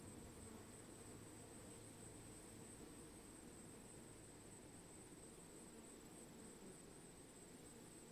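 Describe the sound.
Bees buzzing as a swarm, a dense, steady low hum of many wings that holds without a break, with a faint high hiss running above it.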